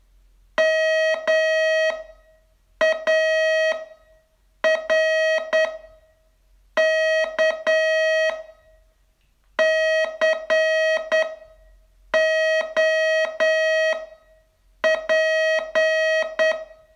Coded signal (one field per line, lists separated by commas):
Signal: Morse code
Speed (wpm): 9 wpm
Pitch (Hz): 640 Hz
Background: none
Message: MARK COP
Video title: Learn Morse in 42 Days from VU2LAU - day 27